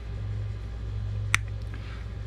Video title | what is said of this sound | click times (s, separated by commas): How to replace a 2018 Jeep Compass 5 Button Smart Key Remote Battery Key | You hear it snapping together. That's what you want to hear. | 1.3 s